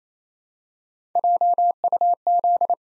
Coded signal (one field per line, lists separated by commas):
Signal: Morse code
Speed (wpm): 28 wpm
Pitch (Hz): 700 Hz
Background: none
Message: JUZ